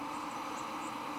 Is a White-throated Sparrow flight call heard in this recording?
no